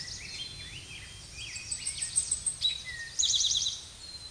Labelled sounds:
Eastern Towhee (Pipilo erythrophthalmus) song
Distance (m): 15 m
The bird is about level with the microphone
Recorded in a Pennsylvania forest on 16 May 2024 at 09:33
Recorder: AudioMoth, point MSD-0627
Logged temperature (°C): 14.8 °C
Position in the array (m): 96 m, -2 m

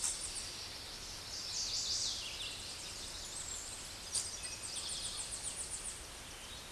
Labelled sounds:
Chestnut-sided Warbler (Setophaga pensylvanica) song
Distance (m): 10 m
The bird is about level with the microphone
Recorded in a Pennsylvania forest on 16 May 2024 at 07:11
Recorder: AudioMoth, point MSD-1849
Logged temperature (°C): 12.1 °C
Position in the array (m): 35 m, 30 m

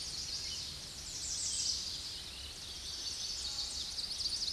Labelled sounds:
American Redstart (Setophaga ruticilla) song
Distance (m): 20 m
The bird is about 10 m above the microphone
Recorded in a Pennsylvania forest on 16 May 2024 at 07:41
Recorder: AudioMoth, point MSD-2377
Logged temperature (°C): 16.1 °C
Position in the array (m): 127 m, 215 m

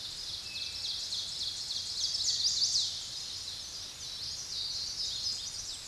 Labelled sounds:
Ovenbird (Seiurus aurocapilla) song
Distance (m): 40 m
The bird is about 10 m above the microphone
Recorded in a Pennsylvania forest on 16 May 2024 at 06:08
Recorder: AudioMoth, point MSD-2007
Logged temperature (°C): 16.1 °C
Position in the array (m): 65 m, 10 m

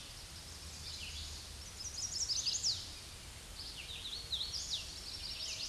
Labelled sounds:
Hooded Warbler (Setophaga citrina) song
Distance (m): 20 m
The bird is about 10 m above the microphone
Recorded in a Pennsylvania forest on 16 May 2024 at 07:36
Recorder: AudioMoth, point MSD-2208
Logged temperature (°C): 15.2 °C
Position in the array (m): 163 m, 95 m

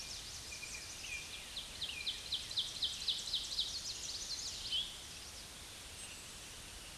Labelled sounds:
Ovenbird (Seiurus aurocapilla) song
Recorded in a Pennsylvania forest on 16 May 2024 at 07:34
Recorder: AudioMoth, point MSD-1482
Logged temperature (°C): 15.6 °C
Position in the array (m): 212 m, 129 m

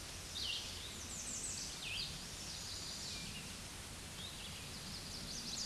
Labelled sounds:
American Redstart (Setophaga ruticilla) song
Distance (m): 40 m
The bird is about 10 m above the microphone
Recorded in a Pennsylvania forest on 16 May 2024 at 07:05
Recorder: AudioMoth, point MSD-0827
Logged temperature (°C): 12.1 °C
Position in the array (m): 104 m, 234 m

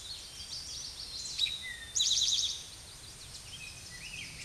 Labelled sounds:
Eastern Towhee (Pipilo erythrophthalmus) song
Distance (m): 15 m
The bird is about 5 m above the microphone
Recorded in a Pennsylvania forest on 16 May 2024 at 09:33
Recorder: AudioMoth, point MSD-0627
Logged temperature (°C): 14.8 °C
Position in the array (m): 96 m, -4 m

